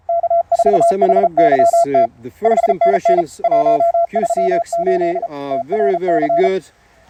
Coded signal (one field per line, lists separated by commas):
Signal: Morse code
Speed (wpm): 35 wpm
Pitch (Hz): 690 Hz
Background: speech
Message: K4HYT 5NN 138 TRC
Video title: QCX-mini transceiver by QRPLabs field-review. Big Radio in a Small Package!